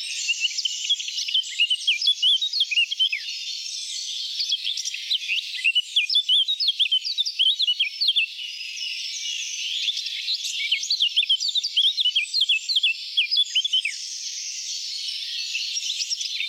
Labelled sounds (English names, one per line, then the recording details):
Eurasian Blackcap song
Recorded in the wild
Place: Waltershofen / Freiburg im Breisgau, Baden-Württemberg, DE
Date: 1979-06-02
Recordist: Schwarz, Dieter